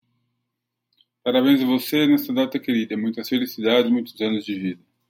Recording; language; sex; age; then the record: short text; Brazilian Portuguese; male; 40 to 49 years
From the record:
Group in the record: control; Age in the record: 48 years